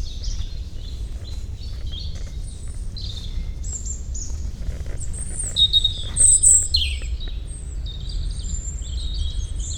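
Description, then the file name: European robin song, high tinkling and warbled phrases strung together with brief gaps, over steady low background rumble. "Erithacus rubecula"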